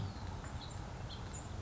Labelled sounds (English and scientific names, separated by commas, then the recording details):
House Finch (Haemorhous mexicanus)
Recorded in Sonoma County, California